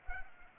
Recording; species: mosquito wingbeat signal from an infrared sensor; Culex pipiens